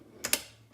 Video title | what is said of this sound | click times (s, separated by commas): QR3 Assembly | it'll snap right in that'll lock it into position okay | 0.2 s, 0.3 s